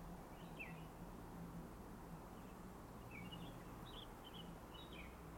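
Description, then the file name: Mauritius bulbul calls: short, faint chirping notes in a loose scattered series over a steady low hum. Recorded on a forest trail in Mauritius. "Bulbul-de-Maurice-macchabée-trail"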